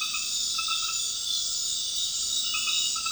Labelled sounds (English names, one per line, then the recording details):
none
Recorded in dense forest near Puerto Asís, Putumayo, Colombia, on 19 February 2024 at 21:00
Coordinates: 0.502, -76.324
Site G6370